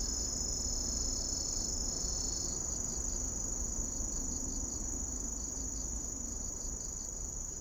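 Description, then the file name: Grass lark cricket song: a steady, unbroken high-pitched trill with a second fainter band just below it at first, over a low background rumble. "kusahibari"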